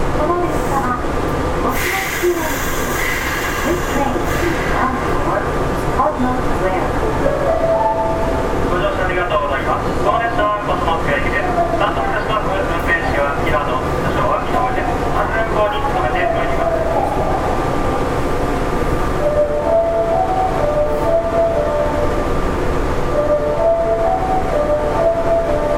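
A Kintetsu 7000 series train runs steadily, its motor and wheels giving a constant dense rumble with a low hum throughout. Whining motor tones rise and shift in pitch from around seven seconds on, and faint voices mix into the noise.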